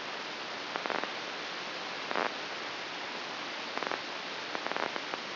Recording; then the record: brain microelectrode recording played as sound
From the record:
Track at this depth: inside the subthalamic nucleus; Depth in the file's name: 2.945 mm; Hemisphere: right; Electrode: 2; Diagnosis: Parkinson's disease